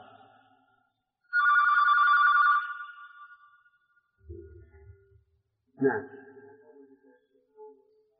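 A telephone rings once in a steady, buzzy electronic tone lasting over a second, followed by a few softer low thumps and a brief muffled voice.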